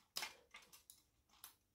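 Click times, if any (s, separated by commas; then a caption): 0.2 s. An 18W T8 fluorescent tube with G13 pins is refitted by hand into its lamp holder in a 1×18W ferromagnetic fabric ceiling luminaire. A small sharp click at 0.2 s marks the tube going in, followed by softer clicks and taps around 0.6, 0.9 and 1.4 s. The tube is seated in its holder.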